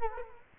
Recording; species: mosquito wingbeat signal from an infrared sensor; Culex quinquefasciatus